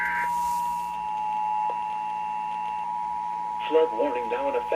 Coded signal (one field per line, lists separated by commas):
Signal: Emergency Alert System (SAME) tones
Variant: 853 and 960 Hz attention tone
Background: speech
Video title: Central WV & Central WV: FLW on WXJ84, WKWS & WVAF (1/1/22) EAS 534-536